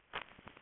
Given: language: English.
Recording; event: throat vibration sensor signal played as sound; swallow